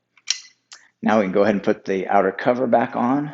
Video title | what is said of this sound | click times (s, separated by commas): 2020+ GMC Sierra 2500/3500/HD 4-dr Crew Cab with Thule Evo Clamp + WingBar Evo Roof Rack Crossbars | Once you get to the correct tightness, this tool will actually click, and that indicates that it's been fully tightened. | 0.3 s